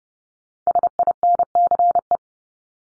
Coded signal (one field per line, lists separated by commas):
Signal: Morse code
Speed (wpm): 30 wpm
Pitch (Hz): 700 Hz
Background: none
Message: SINCE